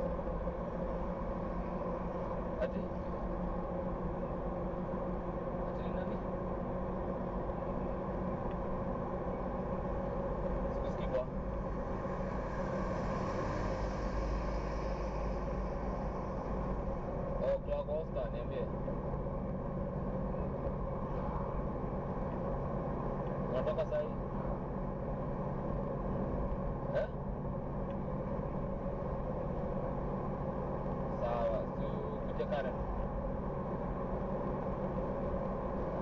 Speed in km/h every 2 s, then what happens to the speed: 72, 73, 74, 75, 76, 77, 78, 79, 80, 80, 80, 80, 80, 81, 81, 79, 79, 79.
0-36 speeds up to 79.